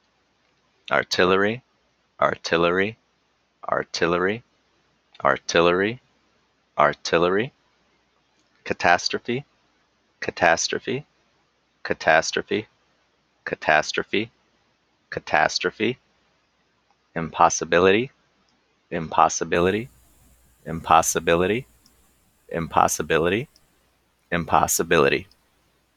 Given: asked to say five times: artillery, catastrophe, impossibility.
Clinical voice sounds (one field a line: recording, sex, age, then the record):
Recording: three words, each repeated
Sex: male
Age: 30 to 39 years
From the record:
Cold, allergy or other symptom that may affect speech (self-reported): no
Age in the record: 37 years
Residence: Florida, United States